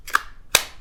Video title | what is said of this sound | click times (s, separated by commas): Eafengrow EF148 Full Tang Fixed Blade Knife (Hunting • Camping • Bushcraft • Survival) | Real nice click retention in there. | 0.5 s